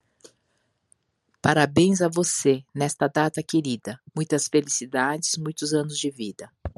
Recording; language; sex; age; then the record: short text; Brazilian Portuguese; female; 50 to 59 years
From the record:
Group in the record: control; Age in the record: 55 years